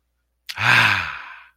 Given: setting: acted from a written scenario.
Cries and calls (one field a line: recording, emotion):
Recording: vocal sound without words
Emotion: contentment